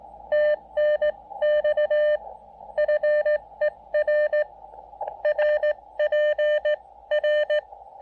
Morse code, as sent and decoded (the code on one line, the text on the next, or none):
- -. -..- / ..-. . .-. / .-. .--. .-.
TNX FER RPR